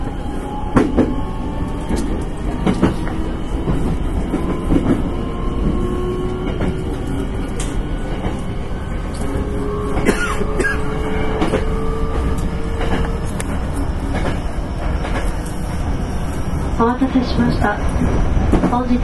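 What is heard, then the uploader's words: Running sound of a 9300 series express train on the Kyoto Line: a dense, steady low rumble with rhythmic clacks of wheels over rail joints every second or two. Thin whining tones glide slowly upward and fade, with faint squeals near the end. 阪急電鉄 9300系電車の走行音です。 京都線の特急列車にて収録しました。 From Kawaramachi (Kyoto) to Umeda (Osaka). Express on Kyoto Line.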